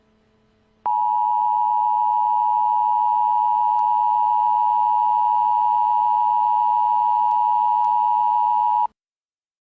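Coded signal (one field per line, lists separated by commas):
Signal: Emergency Alert System (SAME) tones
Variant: 853 and 960 Hz attention tone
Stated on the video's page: Fictional EAS scenario.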